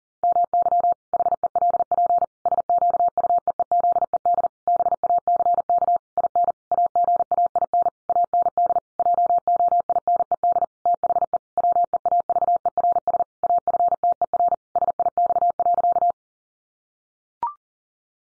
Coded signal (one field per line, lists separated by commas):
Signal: Morse code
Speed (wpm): 40 wpm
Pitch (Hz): 700 Hz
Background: none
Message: MY HELP SQUEEZED BACK IN AGAIN AND JOINED THE WEAVERS AFTER SIX.